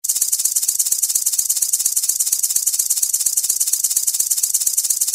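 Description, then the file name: Rattlesnake rattling: a continuous dry, high hissing buzz held steadily throughout, with faint regular pulses and no other sounds. "Skallerorm"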